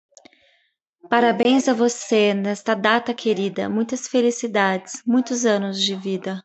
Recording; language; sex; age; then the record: short text; Brazilian Portuguese; female; 40 to 49 years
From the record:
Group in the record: control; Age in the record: 43 years